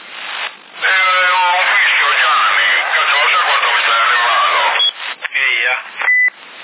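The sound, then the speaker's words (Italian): A narrow, tinny CB radio transmission on channel 45 in Sassari, March 2010, carries a garbled voice for several seconds, then a short high-pitched beep tone sounds near the end as the signal drops out. “Questo è un altro tono, però.”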